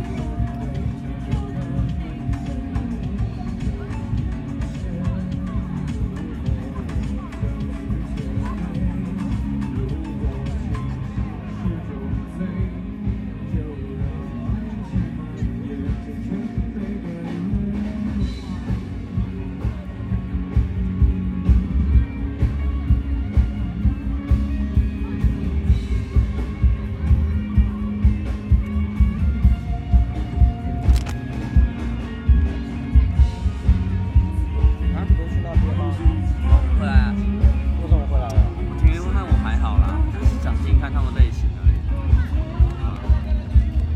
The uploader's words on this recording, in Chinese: 錄音來自2020年漂遊者音樂祭現場收音，是真的噪音，但能讓你真實感受音樂祭的躁動與歡樂。